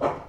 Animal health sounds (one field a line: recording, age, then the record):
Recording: pig call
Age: growing-finishing pig (85 days or more)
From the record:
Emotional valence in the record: positive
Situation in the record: run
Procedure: transit